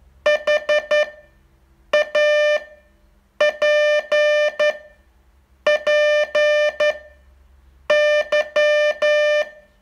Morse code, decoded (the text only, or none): HAPPY